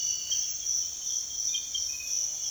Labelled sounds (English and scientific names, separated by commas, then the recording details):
none
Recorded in secondary vegetation near Puerto Asís, Putumayo, Colombia, on 22 June 2025 at 05:30
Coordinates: 0.485, -76.322
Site GP06